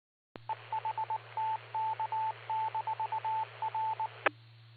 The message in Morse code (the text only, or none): EHTK-R